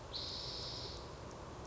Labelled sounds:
Spotted Towhee
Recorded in Sonoma County, California

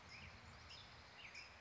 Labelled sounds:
California Towhee
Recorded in Sonoma County, California

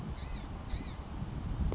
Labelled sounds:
Blue-gray Gnatcatcher
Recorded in Sonoma County, California

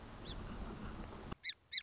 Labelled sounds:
Song Sparrow
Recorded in Sonoma County, California

